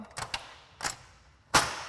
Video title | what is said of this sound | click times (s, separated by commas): Scamp Trailers Walkthrough | and there we heard the snap again i know that those awning legs are stored correctly | 0.3 s